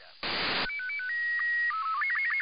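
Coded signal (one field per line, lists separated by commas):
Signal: SSTV (slow-scan television)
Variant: Robot 36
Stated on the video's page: Received via satellite IO-86 voice repeater using RTL SDR with QFH antenna, receive only.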